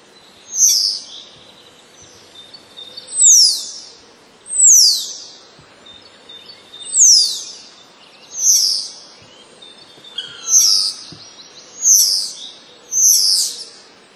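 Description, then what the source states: Common starling song of harsh, steeply falling chirps repeated at irregular gaps of about one to two and a half seconds, eight in all, with one soft lower whistle between them, over light background noise. Starling song containing mimicry borrowed from passerine birds.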